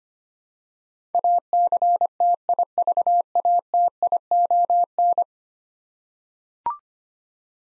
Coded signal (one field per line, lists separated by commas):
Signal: Morse code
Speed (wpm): 25 wpm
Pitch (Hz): 700 Hz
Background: none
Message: ACTIVATION